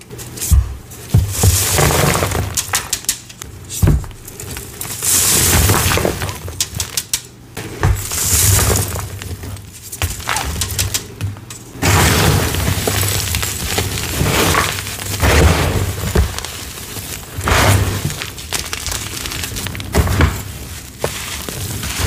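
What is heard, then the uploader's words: Crisp crumbling of reformed gym chalk slabs, with dense gritty crunches and sharp snaps scattered throughout. The texture shifts between bursts of fine crackle and brief quieter pauses, with a soft low hum underneath. Gym Chalk Reformed Slabs + Intense Powder Play. Crispy gritty crunchy reformed gym chalk crumbles and oddly satisfying asmr sounds.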